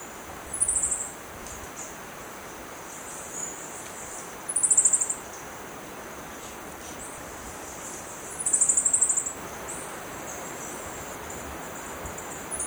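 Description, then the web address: Olive Finch singing short, very high-pitched sibilant trills, each about a second long, repeated about every four seconds against constant faint hiss. Recorded in Ecuador. "Birds of Ecuador. Olive Finch"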